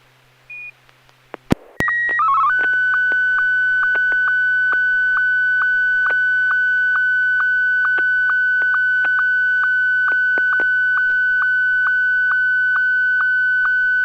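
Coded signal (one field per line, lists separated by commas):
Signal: SSTV (slow-scan television)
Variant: Martin 1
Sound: a click, a short high tone, a rapid warble, then a steady tone with rhythmic ticks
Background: FM repeater hiss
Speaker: AI6DG. Are you ready to send an image?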